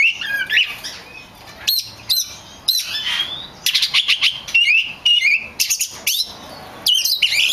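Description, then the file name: Oriental magpie-robin delivering varied song: whistled slurs, rising and falling notes and short sharp bursts, changing phrase every second or so. Bird described as a kacer lutung cebu type. "audio burung kacer lutung cebu. omkicau"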